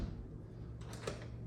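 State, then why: Released. A Kwikset deadbolt is turned back so its metal bolt retracts out of the door strike, unlocking the door. A soft rustle starts at about 0.8 seconds, followed by a small click at 1.1 seconds. The bolt is released and the lock is open.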